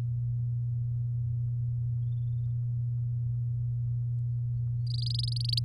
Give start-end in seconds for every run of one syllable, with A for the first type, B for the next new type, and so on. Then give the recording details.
4.87-5.59 A. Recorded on 7 May 2018 at 15:22. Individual llb16